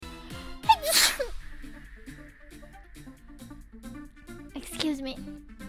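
A quick rising intake of breath breaks into one sharp, explosive sneeze from an adult woman, followed by a brief softer vocal sound near the end. Steady background music plays throughout. An ordinary single sneeze.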